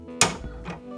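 The plastic actuator rod in a flush cistern frame is turned and gives a second click at 0.2 s, a sharp, bright snap over a steady background hum. The rod is pushed in and seated. Someone talks.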